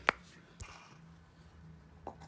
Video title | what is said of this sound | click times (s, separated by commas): How to take a car wheel off when you have run flats. No jack, No Wheel Spanner, No spare BMW Mini | into that Jack point and locks into place that's not gonna slip or slide to go anywhere else cuz it fits inside | 0.1 s